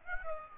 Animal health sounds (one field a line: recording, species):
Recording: mosquito wingbeat signal from an infrared sensor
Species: Aedes aegypti